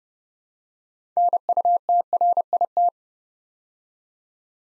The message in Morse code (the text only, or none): NUTRIT